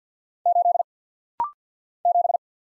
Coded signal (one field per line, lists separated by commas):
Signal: Morse code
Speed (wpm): 49 wpm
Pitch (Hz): 700 Hz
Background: none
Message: 8 7